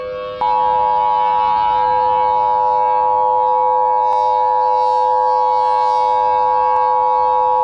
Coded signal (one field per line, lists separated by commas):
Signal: Emergency Alert System (SAME) tones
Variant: 853 and 960 Hz attention tone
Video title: [#1] MAD - An EAS Mock